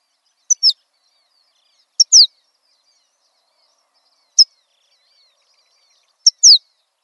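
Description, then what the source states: Horned lark calls: short high, thin, descending notes, most with a brief lead-in tick, given about every two seconds, four times, with silence between. Small birds that live in large empty fields.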